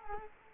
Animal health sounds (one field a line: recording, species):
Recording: mosquito wingbeat signal from an infrared sensor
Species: Culex quinquefasciatus